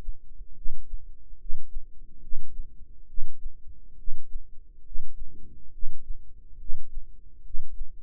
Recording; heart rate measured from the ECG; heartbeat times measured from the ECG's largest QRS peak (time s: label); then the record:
heart sounds by microphone in the right ear; 70 bpm
0.54 s: heartbeat
1.37 s: heartbeat
2.20 s: heartbeat
3.06 s: heartbeat
3.96 s: heartbeat
4.82 s: heartbeat
5.70 s: heartbeat
6.57 s: heartbeat
7.42 s: heartbeat
From the record:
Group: healthy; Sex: male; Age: 35 years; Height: 180 cm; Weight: 86.9 kg